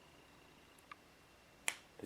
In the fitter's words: just snaps into place